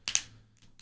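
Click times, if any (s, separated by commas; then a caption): 0.1 s, 0.2 s. Pressure is applied to a sealed hard plastic Bradford Exchange coin holder containing an authenticated 1924 silver dollar in very good grade, to test how sturdy it is. Two sharp pops ring out at 0.1 and 0.2 seconds, followed by fainter small ticks near 0.6 and 0.8 seconds. The holder's edges crack and its shell starts to come apart.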